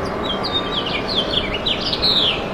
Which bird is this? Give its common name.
House Finch